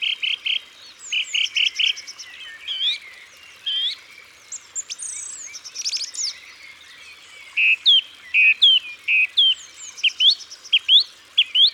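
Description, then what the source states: Song thrush song, short bright phrases each repeated two or three times, mixing chirps, trills and rising whistles. Isère, France.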